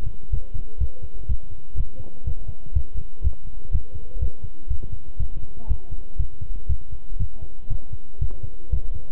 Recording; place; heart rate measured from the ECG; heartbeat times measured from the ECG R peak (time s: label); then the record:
heart sounds by stethoscope; between the tricuspid and mitral areas; 121 bpm
0.32 s: heartbeat
0.80 s: heartbeat
1.28 s: heartbeat
1.77 s: heartbeat
2.26 s: heartbeat
2.74 s: heartbeat
3.23 s: heartbeat
3.72 s: heartbeat
4.21 s: heartbeat
4.70 s: heartbeat
5.19 s: heartbeat
5.69 s: heartbeat
6.18 s: heartbeat
6.69 s: heartbeat
7.19 s: heartbeat
7.70 s: heartbeat
8.21 s: heartbeat
8.72 s: heartbeat
From the record:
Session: walking at 3.7 km/h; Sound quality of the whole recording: good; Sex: male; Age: 25 years